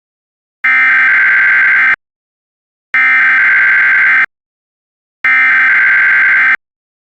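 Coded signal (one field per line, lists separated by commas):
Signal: Emergency Alert System (SAME) tones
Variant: header bursts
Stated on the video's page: Fictional EAS scenario.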